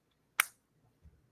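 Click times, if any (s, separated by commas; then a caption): 0.4 s. A 3D-printed box with a fingernail grip at the front is closed, and its lid snaps shut with one sharp, bright click at 0.4 s. The click is followed by a brief fading tail and faint low thumps near 1.1 s. The lid is seated on its box with a satisfying little click.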